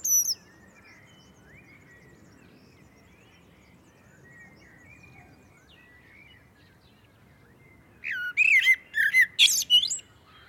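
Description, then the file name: Common blackbird song: mostly quiet with background hiss, then a dense phrase of rapid high twittering and squeaky notes near the end. "Turdus merula"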